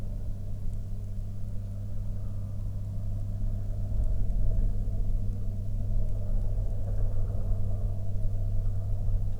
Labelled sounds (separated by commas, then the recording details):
rain, aircraft
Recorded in the Prudhoe Bay oil fields, Alaska, on 8 August 2019 at 08:13
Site 13